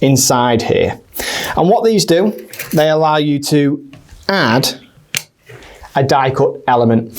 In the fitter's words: and that just snaps into place there, so it's always going to be in that right place, and it's always perfectly distanced around